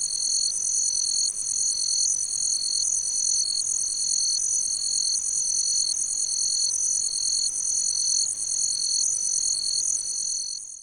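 Cricket chirps forming an unbroken shrill pulsing drone, a lower tone cutting in and out at a regular beat before fading at the end.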